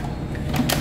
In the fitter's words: so it's in its locked position you just want to make sure